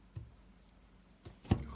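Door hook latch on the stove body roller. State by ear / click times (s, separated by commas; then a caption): seated / 1.5 s. The cast-iron door of a low Guca Arina 10 kW fireplace stove is pushed shut by hand, with a soft low thump near 0.2 s and a faint rustle around 1.3 s. At 1.5 s the door's hook catches on the roller on the stove body with a short metallic clack, and the door is latched shut.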